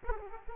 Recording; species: mosquito wingbeat signal from an infrared sensor; Aedes aegypti